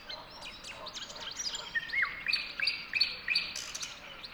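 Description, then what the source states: Birdsong of sharp high whistled notes repeated at a steady pace, mixed with quick chirps and slurred calls from other birds in the chorus. Song recorded within a dawn chorus.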